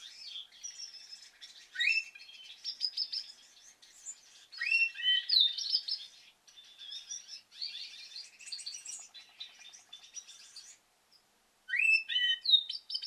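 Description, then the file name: Canary calls: continuous busy twittering with sweeping chirps and short trills, briefly pausing before resuming with sharp rising notes. Female canary. "suara kenari betina"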